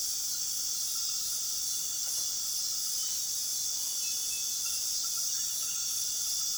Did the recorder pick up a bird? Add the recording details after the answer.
no. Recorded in pastures near Puerto Asís, Putumayo, Colombia, on 20 February 2024 at 02:30. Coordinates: 0.466, -76.323. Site G6384